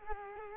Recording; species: mosquito wingbeat signal from an infrared sensor; Culex quinquefasciatus